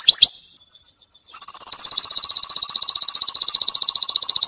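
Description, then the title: Canary song: quick upslurred notes and a thin whistle, then a loud high trill of rapid, evenly spaced pulses. Canary singing prolifically (gacor) with a full, varied song, used as masteran (training audio) for caged lovebirds, white-rumped shamas, canaries and greater green leafbirds. "Masteran Kenari Gacor Full Isian Untuk Lovebird, Murai Batu, Kenari, Cucak Ijo"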